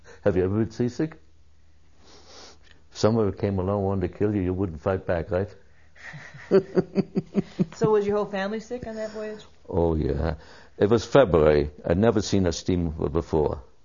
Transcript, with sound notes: Have you ever been seasick? Someone who came along wanted to kill you, you wouldn't fight back, right?
(Laughs) So was your whole family sick on that voyage?
Oh, yeah. It was February, I'd never seen a steamer before.